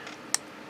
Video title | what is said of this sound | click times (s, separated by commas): Peen aloc pa repair part2 | And they just snap right in place, as such. | 0.3 s